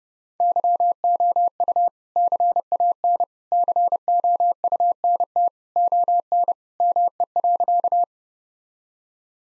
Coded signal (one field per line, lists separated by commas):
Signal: Morse code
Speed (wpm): 30 wpm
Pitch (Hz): 700 Hz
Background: none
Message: YOU CAN COUNT ON ME.